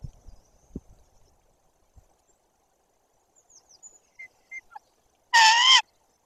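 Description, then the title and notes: White-tailed eagle gives one loud, strident, wavering harsh note near the end, after faint soft thuds and a few thin high chirps. Livestream from a white-tailed eagle nest in Tuchola, Poland. "Transmisja z gniazda bielików"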